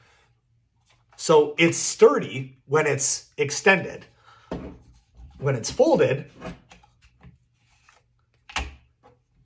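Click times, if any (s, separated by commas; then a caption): none. A rifle's folding stock is folded against the receiver and handled, giving several small knocks at about 4.5, 6.7, 7.2, 7.9, 8.3 and 8.5 seconds while someone talks. The stock is not flush and does not lock into place when folded, so nothing has seated or clicked yet.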